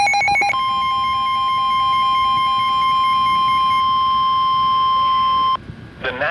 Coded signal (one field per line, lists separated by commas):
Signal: Emergency Alert System (SAME) tones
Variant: 1050 Hz attention tone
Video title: EAS/NWR Alert or message #292-293: 10th Severe Thunderstorm Warning ever